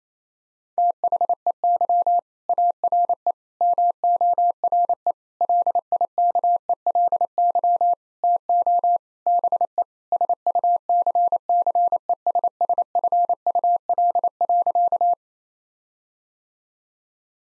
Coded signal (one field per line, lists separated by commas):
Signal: Morse code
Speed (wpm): 28 wpm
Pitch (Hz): 700 Hz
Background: none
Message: THEY ARE MORE LIKELY TO BE SUCCESSFUL.